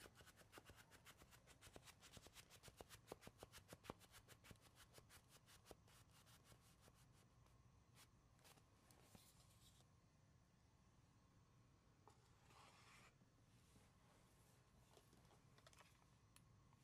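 Tapping and scratching on wood, cork and cardboard, with no talking. Quick, even taps run densely through the first seven seconds, then thin out into scattered knocks, with scratchy rubbing bursts around eight to nine seconds and again near twelve. A low steady hum sits underneath.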